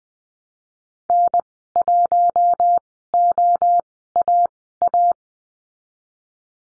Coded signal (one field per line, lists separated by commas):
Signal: Morse code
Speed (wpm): 20 wpm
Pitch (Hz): 700 Hz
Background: none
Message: N1OAA